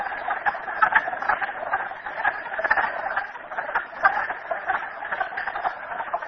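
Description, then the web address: Frog chorus: many overlapping clicking, rattling calls forming an unbroken mid-pitched din, with occasional louder pulses standing out. Frogs recorded at Merryspring. "audio frogs merryspring 42008"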